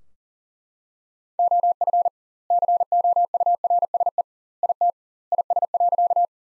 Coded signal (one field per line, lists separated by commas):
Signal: Morse code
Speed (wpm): 40 wpm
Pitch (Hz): 700 Hz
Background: none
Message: OF COURSE IT IS.